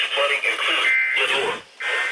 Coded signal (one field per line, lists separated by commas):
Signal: Emergency Alert System (SAME) tones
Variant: end-of-message bursts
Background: speech